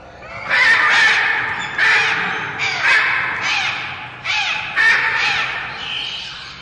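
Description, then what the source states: Macaw giving loud, harsh, raucous squawks in a series of drawn-out grating calls. Captive brilliantly plumed macaw in a zoo birdhouse, 1959; the species lives in the tropics from Panama to Paraguay.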